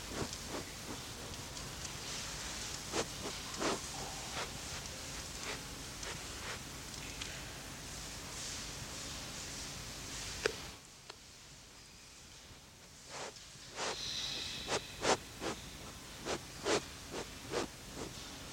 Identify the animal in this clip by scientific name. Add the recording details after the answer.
Macropus giganteus. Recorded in captivity. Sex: female. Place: Zoo Berlin, Berlin, DE. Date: 1986-12-30 10:08. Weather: slightly cloudy, bright 5°. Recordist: Tembrock, Günter